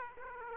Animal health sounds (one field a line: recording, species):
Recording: mosquito wingbeat signal from an infrared sensor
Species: Aedes aegypti